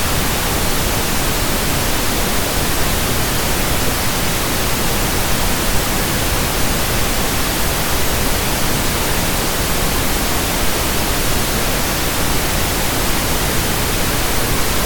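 Pink noise hisses steadily for the whole stretch, a dense, even rush with fuller low rumble beneath the hiss and no changes or breaks.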